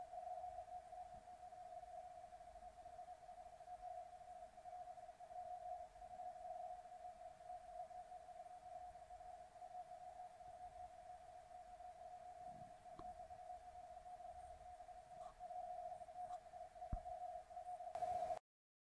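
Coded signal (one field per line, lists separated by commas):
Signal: RTTY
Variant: 50 baud, 85 Hz shift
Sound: continuous warbling two-tone teleprinter burble around 700 Hz, narrow shift, with occasional clicks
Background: radio static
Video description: Here´s a short video clip where I´m receiving marine weather forecast on LF issued by the german marine weather service DWD (Deutscher Wetterdienst).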